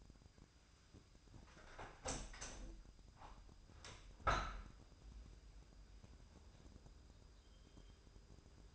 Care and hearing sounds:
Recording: daily activity, microphone in the room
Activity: open window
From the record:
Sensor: 2

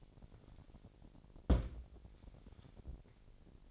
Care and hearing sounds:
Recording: daily activity, microphone in the room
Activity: place on stove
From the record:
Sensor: 5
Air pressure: 1012.2 hPa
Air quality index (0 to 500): 236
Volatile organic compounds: 4 ppm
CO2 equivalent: 1566 ppm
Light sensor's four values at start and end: 46/106/44/46 and 46/106/44/46

